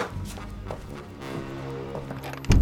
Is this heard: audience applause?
no